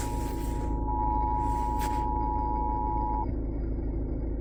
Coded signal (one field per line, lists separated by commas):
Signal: Emergency Alert System (SAME) tones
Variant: 853 and 960 Hz attention tone